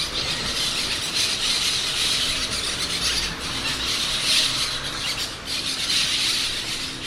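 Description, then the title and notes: Brown-throated parakeets in a dense, continuous chorus of shrill squawks and squeals, many birds calling at once with no pause. "Cotorra Cara Sucia by Kellyn Parra Garcia"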